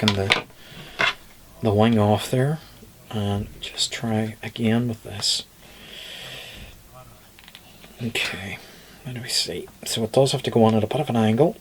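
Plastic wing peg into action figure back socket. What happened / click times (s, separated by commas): The plastic part was only being lined up, not yet seated / none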